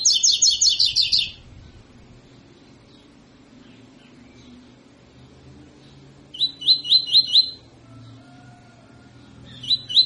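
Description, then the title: Double-collared seedeater song: a fast run of high, buzzy repeated notes lasting about a second, then quiet, then a second similar burst near seven seconds and a brief start near the end. Tutor song (canto professor) for training birds; tui tui song style; bird described as fibra. "COLEIRO TUI TUI FIBRA"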